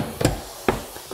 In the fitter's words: action I heard that click